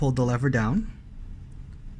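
A man talks while a band with a quick-release spring bar is being put back on a Samsung Galaxy Watch Active 2, with the lever pulled down so the spring-bar end can go into the watch case lug. After the talking stops around 0.9 s, only faint, quiet handling noise follows. Nothing has snapped or seated in the lug yet.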